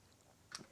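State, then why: Seated. A battery pack is pushed onto a cordless Craftsman V20 router that has rubber grip tabs, meant to hold the battery more firmly. After a quiet start, a short, sharp click sounds at 0.55 s, followed by a brief low thud. The battery clicks into place and is seated.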